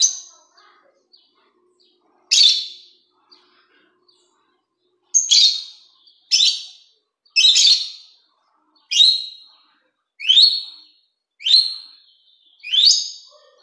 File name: canto do inseparavel de faces rosadas